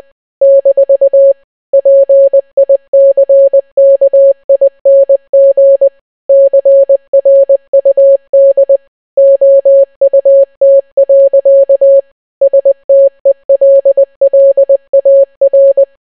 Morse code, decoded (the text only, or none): - PICKING CRUD OUT. STELLAR